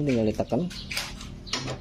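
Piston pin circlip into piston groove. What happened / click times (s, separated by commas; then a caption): Handled, not yet home: the retaining clip has not snapped into its groove / none. While a Satria FU motorcycle engine is being assembled from scratch, the metal circlip that retains the piston pin is pressed toward its groove in the piston; the circlip matters because if it comes loose the pin will stick out and damage the cylinder bore. Someone talks, and brief handling sounds follow near 1.2 s and 1.5 s. Nothing has seated or clicked yet.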